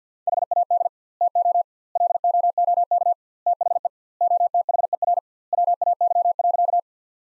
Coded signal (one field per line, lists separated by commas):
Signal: Morse code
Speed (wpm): 50 wpm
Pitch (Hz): 700 Hz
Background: none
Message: HAD TO LOOK THE OTHER WAY.